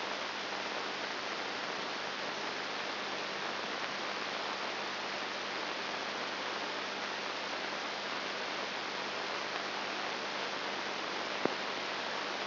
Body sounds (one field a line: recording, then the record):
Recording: brain microelectrode recording played as sound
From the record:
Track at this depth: outside the subthalamic nucleus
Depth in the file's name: 0.109 mm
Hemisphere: left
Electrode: 3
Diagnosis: Parkinson's disease